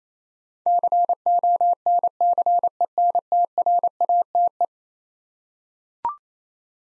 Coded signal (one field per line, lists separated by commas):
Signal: Morse code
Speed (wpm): 27 wpm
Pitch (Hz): 700 Hz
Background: none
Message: CONCENTRATE